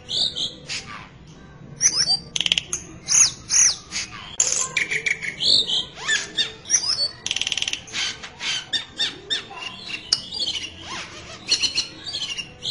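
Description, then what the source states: Songbird giving a long run of rapid, high twittering and chirps, with buzzy trills mixed among clear whistled notes. Masteran recording for training songbirds.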